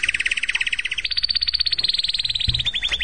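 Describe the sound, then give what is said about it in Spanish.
A goldfinch sings a fast, buzzy, high-pitched trill of rapid repeated notes that steps up in pitch partway through and runs continuously for a few seconds, with no voices. “Estamos escuchando al jilguero,”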